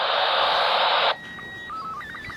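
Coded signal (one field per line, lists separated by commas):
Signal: SSTV (slow-scan television)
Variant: Robot 36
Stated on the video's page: SSTV received live on an Android application.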